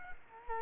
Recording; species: mosquito wingbeat signal from an infrared sensor; Culex quinquefasciatus